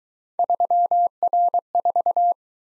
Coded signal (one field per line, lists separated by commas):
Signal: Morse code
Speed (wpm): 20 wpm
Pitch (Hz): 700 Hz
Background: none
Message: 3R4